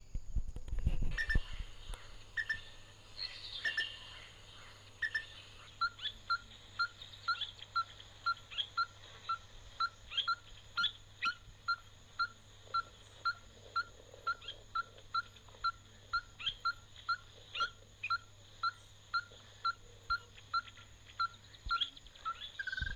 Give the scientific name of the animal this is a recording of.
Pogoniulus pusillus